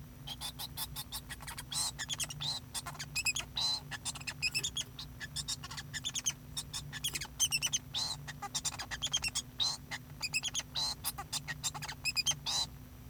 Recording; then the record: song of a male Bengalese finch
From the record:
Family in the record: son of father 2